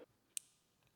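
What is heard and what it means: A keyed wire connector for the tail light on a Ventrac 4520n is pushed into its tail light harness socket, which is labeled A and B, and only the correct orientation gives an audible click. A single sharp click is heard at 0.4 s against a quiet background, and the connector is confirmed seated.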